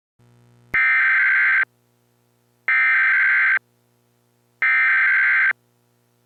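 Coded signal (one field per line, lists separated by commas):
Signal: Emergency Alert System (SAME) tones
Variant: header bursts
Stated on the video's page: Fictional mock scenario of a lake volcanic eruption using valid EAS tones, not a real alert.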